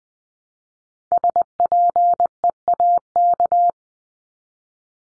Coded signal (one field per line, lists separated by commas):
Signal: Morse code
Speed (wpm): 20 wpm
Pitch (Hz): 700 Hz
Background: none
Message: SPEAK